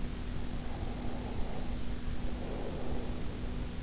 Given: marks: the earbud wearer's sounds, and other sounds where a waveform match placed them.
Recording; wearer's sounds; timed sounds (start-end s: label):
sounds in sleep by an in-ear microphone; breath
0.22-3.50 s: breath